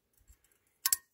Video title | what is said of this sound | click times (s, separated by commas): Panzer EG200, CH-14, Field Strip | just snaps in place like that it should rotate freely | 0.9 s